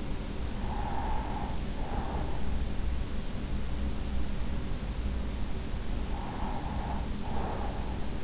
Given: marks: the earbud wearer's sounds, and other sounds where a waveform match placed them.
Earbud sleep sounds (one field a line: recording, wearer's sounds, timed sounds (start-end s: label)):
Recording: sounds in sleep by an in-ear microphone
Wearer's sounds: breath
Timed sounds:
0.47-2.64 s: breath
6.04-8.24 s: breath